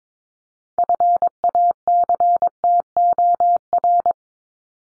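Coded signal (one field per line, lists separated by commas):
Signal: Morse code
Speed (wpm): 22 wpm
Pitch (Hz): 700 Hz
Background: none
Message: FACTOR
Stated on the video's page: Head-copy drill of common words at 22 wpm; each word is sent in Morse, spoken, then sent again.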